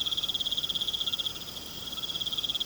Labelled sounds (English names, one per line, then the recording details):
none
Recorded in pastures near Puerto Asís, Putumayo, Colombia, on 21 March 2025 at 20:00
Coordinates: 0.486, -76.323
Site G075